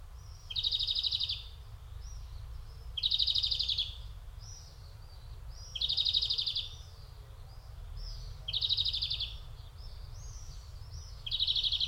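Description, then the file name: European greenfinch calling: repeated buzzy trilled bursts about every two and a half seconds, with faint notes between and a low background rumble. "Chloris chloris"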